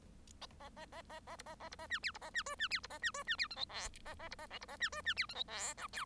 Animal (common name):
Bengalese Finch